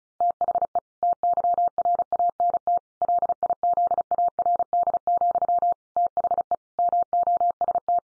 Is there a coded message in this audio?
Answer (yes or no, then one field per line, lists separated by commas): yes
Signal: Morse code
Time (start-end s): 0.2-8.0 s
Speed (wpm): 34 wpm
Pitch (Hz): 700 Hz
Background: none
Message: THE TYRANT LIZARD, THE MOST